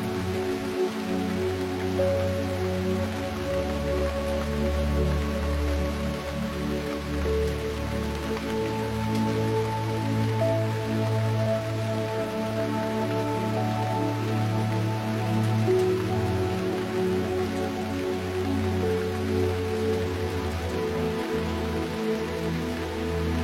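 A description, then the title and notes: Rain falls steadily for the whole stretch, a dense, even patter with no breaks. Underneath runs a deep, droning hum with several held tones that shift slightly in pitch, like machinery, keeping the sound low and heavy throughout. Meditation Rain.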